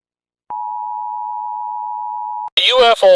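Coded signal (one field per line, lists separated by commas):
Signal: Emergency Alert System (SAME) tones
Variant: 853 and 960 Hz attention tone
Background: speech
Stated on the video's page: Fictional, made-for-fun EAS scenario alert.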